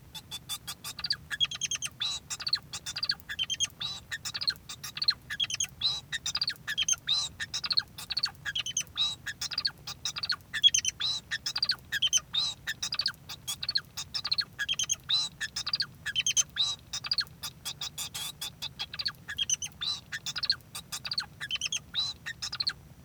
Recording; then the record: song of a male Bengalese finch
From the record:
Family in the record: son of father 2